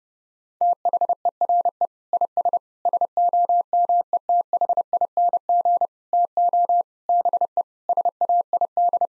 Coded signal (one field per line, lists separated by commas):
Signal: Morse code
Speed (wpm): 30 wpm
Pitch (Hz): 700 Hz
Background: none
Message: THERE IS SOMETHING TO BE SAID